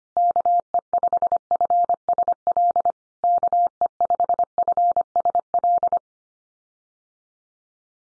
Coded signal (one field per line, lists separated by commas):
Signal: Morse code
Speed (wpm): 25 wpm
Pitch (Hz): 700 Hz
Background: none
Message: KE5FSL KE5FSL